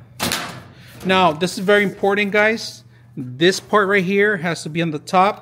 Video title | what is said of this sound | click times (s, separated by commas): Lateral File Cabinet with Lock | and it locks in place just make sure it locks push it | 0.3 s